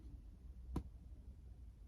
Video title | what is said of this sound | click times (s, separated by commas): Camel trophy build pt2 INJORA BODY | snap on the top and it goes snappy yes yes | 0.8 s